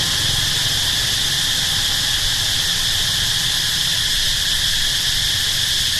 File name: Cambodia Siem Reap Night Locust Traffic Pass